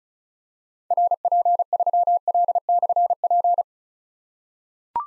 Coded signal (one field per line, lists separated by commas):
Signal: Morse code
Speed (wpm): 36 wpm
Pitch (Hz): 700 Hz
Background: none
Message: RP3L/P